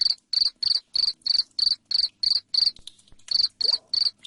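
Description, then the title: Cricket chirps, loud and high, repeated steadily about three times a second with a brief falter near the end; faint background ticking. Loud cricket chirping (jangkrik ngerik) played to make lovebirds sing continuously (ngekek). "Suara JANGKRIK NGERIK Keras Bikin LOVEBIRD Jadi NGEKEK Terus"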